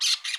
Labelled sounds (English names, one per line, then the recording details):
Brown-throated Parakeet contact call
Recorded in Curacao
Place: Hoffi Jan Thiel
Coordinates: 12.094, -68.877